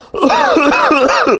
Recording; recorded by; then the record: voluntary cough; messaging app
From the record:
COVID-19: positive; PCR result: self-reported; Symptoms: yes